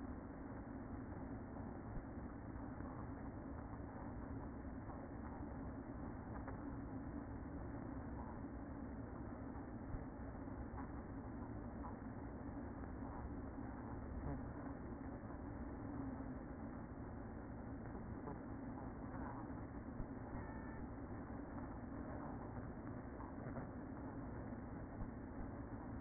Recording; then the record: honeybee colony, microphone inside the hive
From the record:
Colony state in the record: queen present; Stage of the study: after two queens were removed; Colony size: about 60,000 bees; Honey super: yes